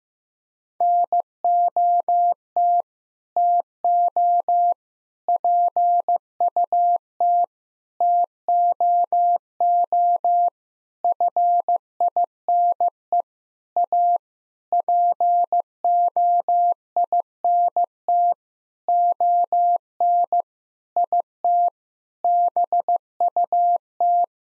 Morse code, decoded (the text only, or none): NOT TO PUT TOO FINE A POINT ON IT BUT